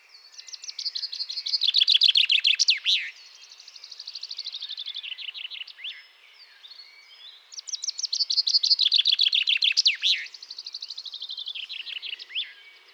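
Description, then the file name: Common chaffinch giving two full songs several seconds apart, each a cascading trill finishing with an emphatic flourish, with softer trilling in between. "Fringilla coelebs"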